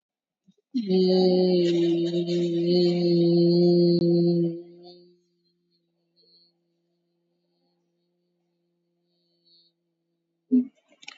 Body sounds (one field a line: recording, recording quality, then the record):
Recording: sustained vowel as in beet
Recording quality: excellent, no background noise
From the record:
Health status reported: COVID-19 positive, moderate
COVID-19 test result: positive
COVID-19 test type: RT-PCR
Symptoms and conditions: cough, cold, breathing difficulty, sore throat, fever, fatigue, muscle pain, loss of smell and taste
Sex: female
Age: 46 years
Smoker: no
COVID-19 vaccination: both doses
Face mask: worn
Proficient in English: yes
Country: India